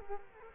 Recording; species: mosquito wingbeat signal from an infrared sensor; Culex quinquefasciatus